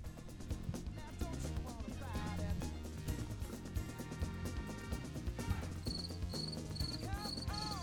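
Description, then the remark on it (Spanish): Music with steady beats and tones plays throughout, and in the last couple of seconds a high, shrill cricket chirping joins in as short, evenly spaced pulses. “Miren los grillos.”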